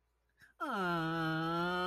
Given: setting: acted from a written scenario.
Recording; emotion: vocal sound without words; awe